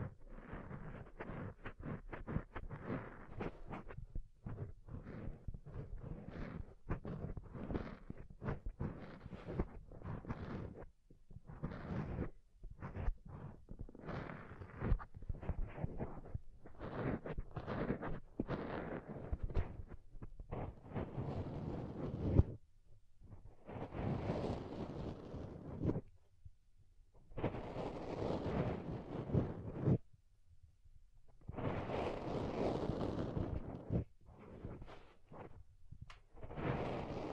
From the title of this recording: Deep Ear Tingles Soft & Fluffy Triggers